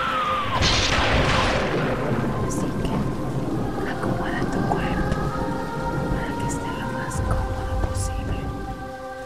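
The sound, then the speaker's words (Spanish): A cold night thunderstorm in London in late April, with heavy rain hissing steadily and deep rolling thunder rumbling through the full length, loud and continuous, with faint sustained tones humming beneath the downpour. “Era una noche de tormenta fría y estrepitosa, como suele ser habitual en Londres a finales de abril.”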